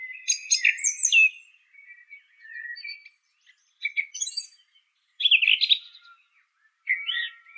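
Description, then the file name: Song thrush singing varied phrases of high notes, whistles and harsher bursts, separated by short pauses. "suara kicauan burung song thrush. omkicau"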